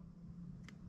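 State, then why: Seated. A blue-wire crimped terminal is pushed tang up into the right cavity of a plastic connector housing while wiring a Porsche 914 Haltech EFI conversion. Over a steady low hum, one short, sharp click rings out at 0.7 s as the terminal locks and seats in the housing.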